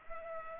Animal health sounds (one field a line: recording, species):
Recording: mosquito wingbeat signal from an infrared sensor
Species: Culex pipiens